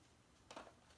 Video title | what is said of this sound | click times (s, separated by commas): Vr cover Waterproof memory foam replacement set Oculus Rift | portion of that that in there and it just snaps into place that's it you are done | 0.5 s